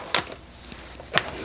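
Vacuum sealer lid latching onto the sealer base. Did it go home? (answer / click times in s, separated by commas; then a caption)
no / none. With a bag placed back in the guides, the plastic lid of a vacuum sealer is lowered toward the sealer base and pressed to latch. Two sharp handling knocks sound at about 0.1 s and 1.2 s over a quiet background. Nothing has clicked or latched yet.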